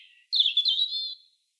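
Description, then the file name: European robin, one brief rippling warble of high, liquid notes lasting under a second, preceded by a faint lower note. "Erithacus rubecula"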